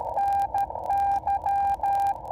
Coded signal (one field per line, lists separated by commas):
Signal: Morse code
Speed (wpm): 13 wpm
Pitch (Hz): 800 Hz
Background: radio noise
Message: NY